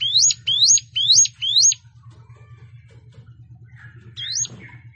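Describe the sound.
Plain prinia song: four quick rising, buzzy notes in a rapid series, a pause, then one more, over a steady low hum.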